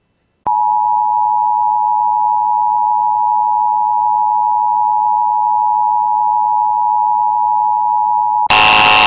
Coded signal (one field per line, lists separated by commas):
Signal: Emergency Alert System (SAME) tones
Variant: 853 and 960 Hz attention tone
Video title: EAS #99-100!!!!!! EBS Test Audio + EXTREMELY Rare Flash Flood Warning